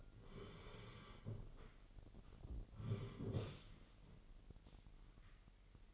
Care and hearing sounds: daily activity, microphone in the room; sit down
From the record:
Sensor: 4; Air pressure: 999.3 hPa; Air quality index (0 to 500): 112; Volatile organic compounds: 2 ppm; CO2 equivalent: 1108 ppm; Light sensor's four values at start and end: 11/26/10/11 and 11/26/10/11

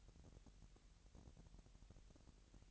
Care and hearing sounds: daily activity, microphone in the room; take from stove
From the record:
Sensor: 3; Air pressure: 1002.0 hPa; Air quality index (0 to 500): 248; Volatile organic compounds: 50 ppm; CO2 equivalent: 3297 ppm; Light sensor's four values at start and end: 6/15/6/6 and 6/15/6/6

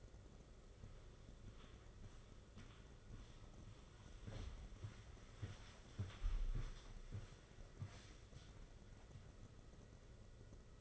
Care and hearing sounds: daily activity, microphone in the room; walk to room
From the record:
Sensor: 4

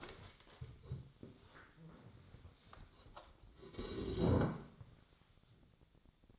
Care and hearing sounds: daily activity, microphone in the room; stand up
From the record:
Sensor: 3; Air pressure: 1000.4 hPa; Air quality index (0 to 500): 171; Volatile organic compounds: 3 ppm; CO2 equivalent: 1488 ppm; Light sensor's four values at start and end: 12/29/12/12 and 13/30/13/13

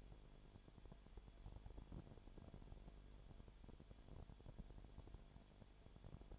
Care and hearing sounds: daily activity, microphone in the room; no activity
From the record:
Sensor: 5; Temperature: 19.9 degrees Celsius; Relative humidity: 37.1%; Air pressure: 1007.4 hPa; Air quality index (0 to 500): 84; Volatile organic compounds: 1 ppm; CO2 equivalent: 965 ppm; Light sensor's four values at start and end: 2/3/1/1 and 2/3/1/1

